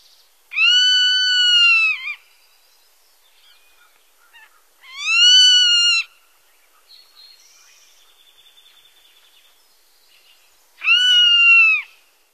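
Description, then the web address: Zone-tailed Hawk calls: three long, drawn-out whistled screams, each slightly falling at the end, spaced several seconds apart, with faint other sounds between. "Songs of Birds of North America Stokes. Zone-tailed Hawk"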